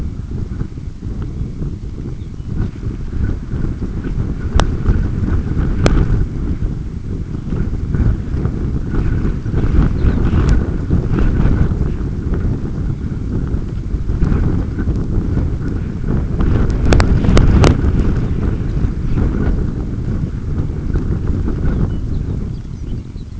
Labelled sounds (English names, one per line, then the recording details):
Dunlin
unidentified sound
Lapland Longspur
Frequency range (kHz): Lapland Longspur 2.6-6.4 kHz
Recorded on Arctic tundra, site UTQI-5, on 26 June 2018
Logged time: 20:00